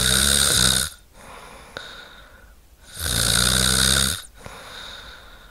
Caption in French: Apnée du sommeil, un ronflement sévère qui gêne souvent les proches, est constaté dans 95% des cas. Il est intense et présent chaque nuit depuis longtemps. Bruit de locomotive.